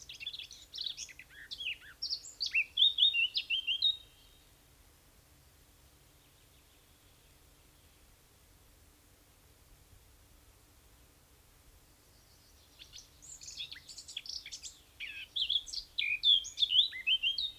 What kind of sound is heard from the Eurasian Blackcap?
song